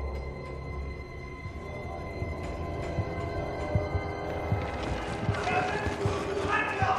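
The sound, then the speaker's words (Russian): Rupert knocks on pipes at night in a castle: irregular knocks on metal ring out with a lingering, tonal clang, set within a dense, busy mix of rumbling noise and rapid thuds like running feet. “Руперт стучит по трубам. Ребята слышат звон.”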